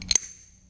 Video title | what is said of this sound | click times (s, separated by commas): How to install throwout / release bearing | click right you heard it and now I can't start putting it on | 0.1 s, 0.2 s